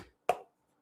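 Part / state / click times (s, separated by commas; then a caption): printed plastic part into arcade cabinet near marquee / seated / 0.3 s. A printed plastic part is pushed home on an arcade cabinet, using the marquee as a guide. A faint rustle fades in the first tenth of a second, then a single loud, sharp snap at 0.3 s rings briefly before the sound dies away. The part is seated, snapped into place.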